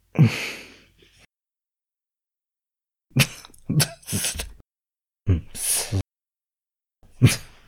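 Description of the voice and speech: Adult man with Tourette's syndrome, diagnosed around 2016, making vocal tics: short bursts of grunts, hums, lip smacks, tongue movements and other mouth noises separated by silence.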